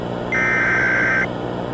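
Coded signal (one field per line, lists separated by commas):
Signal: Emergency Alert System (SAME) tones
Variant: header bursts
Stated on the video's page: Prank EAS alert inserted into a cartoon episode, not a real alert.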